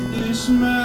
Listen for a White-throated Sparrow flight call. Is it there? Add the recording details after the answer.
no. No flight call is heard. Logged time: 01:36 on 4 September 2014